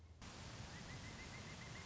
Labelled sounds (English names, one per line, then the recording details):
Pileated Woodpecker
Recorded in Sonoma County, California